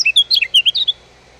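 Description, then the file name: Eurasian blackcap song: a short, clear phrase of several quick whistled notes, sliding up and down, ending abruptly in silence. "Sylvia atricapilla"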